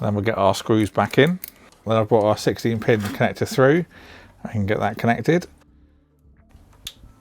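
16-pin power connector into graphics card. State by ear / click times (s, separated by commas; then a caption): seated / 6.9 s. Someone talks for most of the clip, then a 16-pin power cable is pushed into a graphics card socket with a few faint handling sounds. At 6.9 s it latches home with a sharp click, and no yellow marking is visible, showing it is fully inserted.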